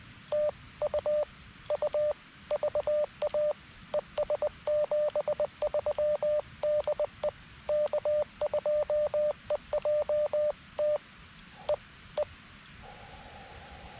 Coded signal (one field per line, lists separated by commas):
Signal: Morse code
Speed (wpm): 20 wpm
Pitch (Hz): 590 Hz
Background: radio noise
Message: TU U VA ES 73 DE K2EJT E E